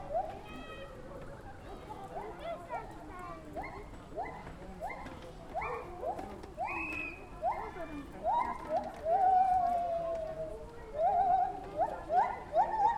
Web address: Sonic Bat - Ambisonics - Zoo. Zoo Ambience with Distant White-Handed Gibbon Calls